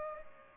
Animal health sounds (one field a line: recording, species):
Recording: mosquito wingbeat signal from an infrared sensor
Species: Culex pipiens